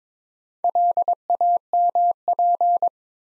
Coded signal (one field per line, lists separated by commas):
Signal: Morse code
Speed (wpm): 22 wpm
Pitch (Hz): 700 Hz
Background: none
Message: LAMP